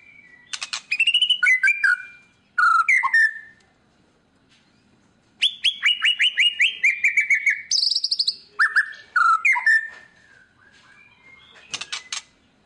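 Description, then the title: White-rumped shama song in separate bursts: sharp clicking chatters, descending whistled series and a high buzzy note, with quiet gaps between phrases. Song used as a lure to make other birds respond; described as a lively, constantly singing bird. "PANCINGAN MURAI BATU GACOR"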